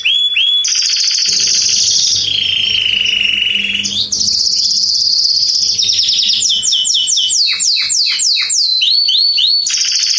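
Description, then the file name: Canary singing loudly: long rolling trills and sustained whistles, then a run of quick downward-sweeping notes before another steady high roll. "Canary Voice"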